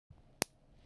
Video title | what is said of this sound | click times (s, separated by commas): The LONGEST Day of Our 24 Hour LEGO Challenge! | Nice click, Kevin. | 0.4 s